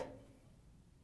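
A plastic wiring harness connector is handled at the solenoid terminals of a GE water inlet valve, part WH13X10027, in a washer, to be pushed on until it locks. A brief soft contact at the start fades into quiet low rumble. Nothing has seated or clicked yet.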